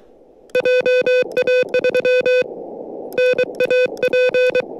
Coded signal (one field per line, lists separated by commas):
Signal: Morse code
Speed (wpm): 24 wpm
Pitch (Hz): 500 Hz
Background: music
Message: JA3NAP